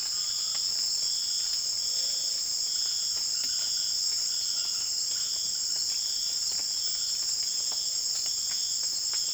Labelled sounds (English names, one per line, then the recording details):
none
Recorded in secondary vegetation near Puerto Asís, Putumayo, Colombia, on 30 June 2025 at 18:30
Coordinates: 0.485, -76.322
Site GP06